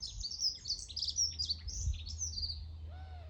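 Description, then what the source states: Birds chirping in a busy, overlapping chorus of high twittering notes, with a lower slurred whistle near the end over a steady low rumble. Recorded in the morning.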